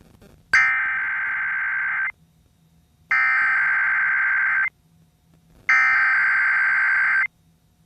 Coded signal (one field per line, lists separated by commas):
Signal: Emergency Alert System (SAME) tones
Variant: header bursts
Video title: SOUTH CHARLESTON BLACK EAGLES VS. GREENBRIER EAST SPARTANS